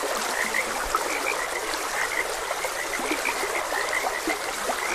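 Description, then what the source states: Frogs call in a continuous chorus of short high croaks, some louder chirps standing out, with trickling water throughout. Frogs croaking beside a gentle stream.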